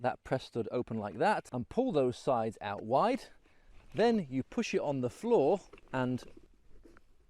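Someone talks while handling a folded DHY ultralight mini folding camping stool made of polypropylene plastic, opening its press stud, pulling the sides out wide and then pushing it down on the floor. A faint tap is heard near the end, but the stool has not yet clicked or locked into its open position.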